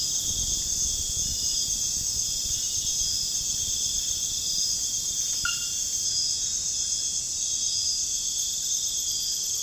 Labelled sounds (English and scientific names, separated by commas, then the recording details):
none
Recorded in pastures near Puerto Asís, Putumayo, Colombia, on 30 June 2025 at 03:00
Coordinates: 0.466, -76.322
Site GP07